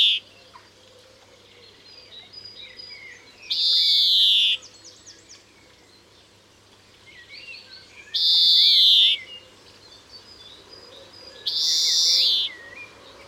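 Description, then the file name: European greenfinch producing three nasal buzzing wheezes a few seconds apart, with thin chirps and twittering in the background. "Chloris chloris"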